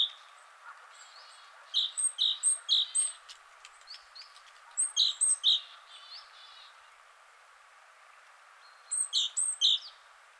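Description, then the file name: Great tit calling in three bursts of several bright, two-part notes, with quiet gaps between them. "Parus major"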